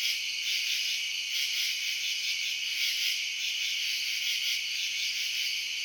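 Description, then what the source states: Crickets in a continuous high chorus, many overlapping pulsing chirps forming a steady buzzy wall of sound. Residential suburbs at night.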